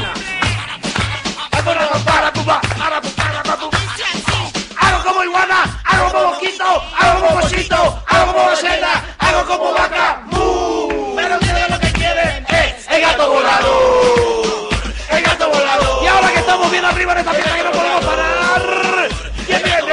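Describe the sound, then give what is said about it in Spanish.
A girl from Japan screams in loud, rising and falling shrieks over a crowd cheering and yelling, with a steady thumping beat underneath at the start. “¿Qué es la chica que grita?”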